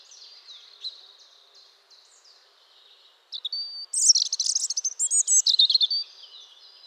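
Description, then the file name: European robin song: thin high warbling phrases, then a louder burst of rapid trills and sharp twittering notes in the second half. "Erithacus rubecula"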